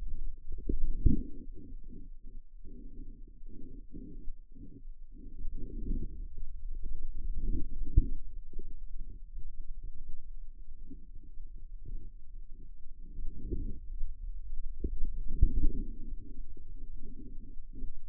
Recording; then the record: forearm muscle sounds (acoustic myography)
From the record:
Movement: outward rotation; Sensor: system 2, bracelet of six BSWA MPA416 microphones around the upper forearm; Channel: 4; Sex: male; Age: 22 years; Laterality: right